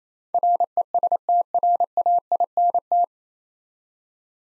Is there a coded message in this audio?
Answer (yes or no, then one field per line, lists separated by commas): yes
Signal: Morse code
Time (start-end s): 0.3-3.0 s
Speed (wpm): 27 wpm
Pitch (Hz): 700 Hz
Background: none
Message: RESTRAINT